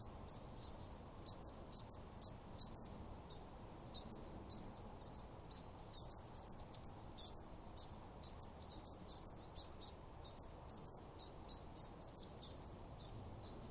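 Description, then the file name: Marsh tit calls: a dense run of short, high, sharp chirps repeated quickly throughout, with a steady low background hiss. "Poecile palustris"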